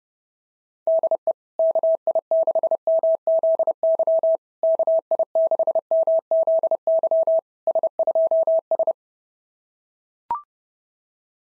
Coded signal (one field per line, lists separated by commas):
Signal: Morse code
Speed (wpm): 27 wpm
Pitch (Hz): 660 Hz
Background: none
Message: DE KI6MZY KI6MZY S2S